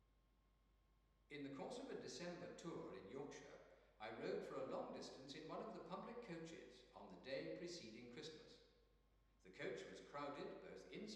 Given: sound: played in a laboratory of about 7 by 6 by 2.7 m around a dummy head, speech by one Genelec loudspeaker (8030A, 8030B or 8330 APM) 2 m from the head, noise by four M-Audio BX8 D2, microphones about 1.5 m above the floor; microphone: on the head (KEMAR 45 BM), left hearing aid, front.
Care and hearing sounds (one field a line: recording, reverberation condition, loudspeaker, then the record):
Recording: male speech in English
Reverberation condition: high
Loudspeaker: 30 degrees to the left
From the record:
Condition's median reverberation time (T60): about 1300 ms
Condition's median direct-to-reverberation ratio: about -4.0 dB